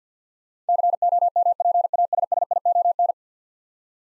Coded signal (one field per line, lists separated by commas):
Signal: Morse code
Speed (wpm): 47 wpm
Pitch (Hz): 700 Hz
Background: none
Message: COMPASSION